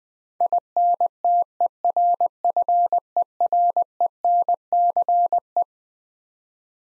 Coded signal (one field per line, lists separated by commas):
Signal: Morse code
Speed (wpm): 20 wpm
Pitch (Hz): 700 Hz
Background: none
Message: INTERFERENCE